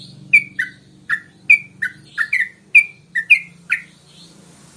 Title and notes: MASTERAN Trucukan Tembakan Dan Ropel. BURUNG TRUCUKAN